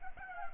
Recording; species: mosquito wingbeat signal from an infrared sensor; Culex pipiens